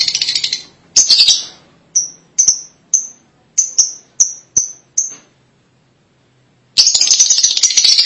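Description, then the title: Lovebird calls: shrill chatter, then a string of clipped high chirps spaced about half a second apart, a silent gap, and renewed loud chattering. "Suara Burung Lovebird"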